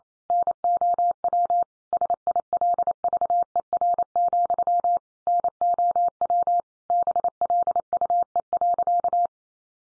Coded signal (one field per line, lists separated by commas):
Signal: Morse code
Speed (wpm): 28 wpm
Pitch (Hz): 700 Hz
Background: none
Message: NOW SILVER, NOW BLUE.